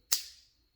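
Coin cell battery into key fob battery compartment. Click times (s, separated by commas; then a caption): 0.1 s. A new coin cell battery is pushed down into a key fob's battery compartment and clicks into its holder at 0.1 s with a sharp, bright snap that rings briefly. A faint small tap follows near the end. The battery is seated.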